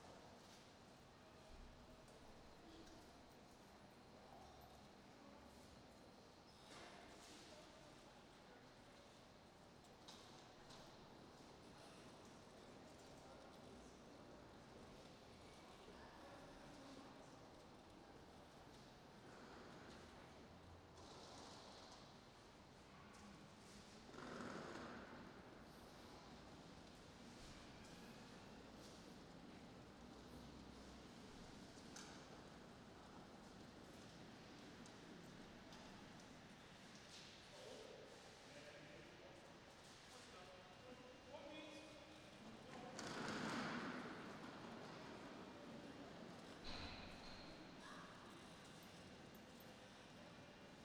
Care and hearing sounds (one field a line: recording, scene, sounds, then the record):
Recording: everyday scene through a hearing-aid microphone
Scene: reverberant space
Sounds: background noise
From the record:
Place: railway station hall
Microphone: in the ear canal, right